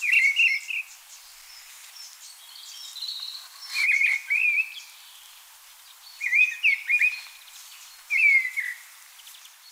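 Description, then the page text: Mistle thrush song: four loud fluty warbling phrases separated by pauses of one to three seconds, with faint high twittering between them. "Mistle Thrush Song. Quick Sounds"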